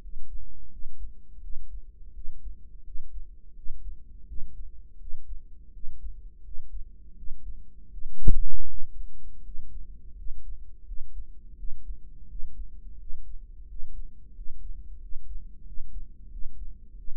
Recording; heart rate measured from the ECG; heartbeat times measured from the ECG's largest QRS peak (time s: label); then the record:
heart sounds by microphone in the right ear; 85 bpm
0.03 s: heartbeat
0.72 s: heartbeat
1.43 s: heartbeat
2.15 s: heartbeat
2.86 s: heartbeat
3.57 s: heartbeat
4.28 s: heartbeat
5.01 s: heartbeat
5.74 s: heartbeat
6.45 s: heartbeat
7.18 s: heartbeat
7.92 s: heartbeat
8.69 s: heartbeat
9.45 s: heartbeat
10.18 s: heartbeat
10.87 s: heartbeat
11.58 s: heartbeat
12.30 s: heartbeat
13.00 s: heartbeat
13.69 s: heartbeat
14.36 s: heartbeat
15.02 s: heartbeat
15.67 s: heartbeat
16.32 s: heartbeat
16.98 s: heartbeat
From the record:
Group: healthy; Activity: rest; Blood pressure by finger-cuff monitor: 138/87 mmHg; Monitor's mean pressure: 104 mmHg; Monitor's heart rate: 84 bpm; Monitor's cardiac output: 7.1 L/min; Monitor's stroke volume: 84 mL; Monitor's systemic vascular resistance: 1100 dyn s/cm5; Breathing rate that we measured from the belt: 16 breaths a minute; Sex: male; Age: 21 years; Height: 175 cm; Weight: 72.6 kg